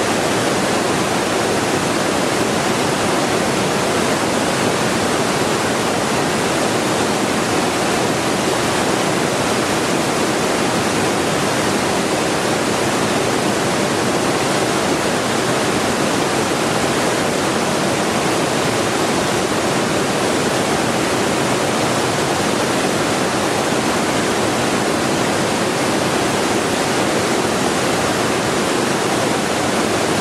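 A waterfall roars without pause, a dense, even rush of falling water that fills everything from a low rumble up to a bright hiss. Nothing changes over the thirty seconds; the sound stays thick and unbroken, with no other sounds rising above it.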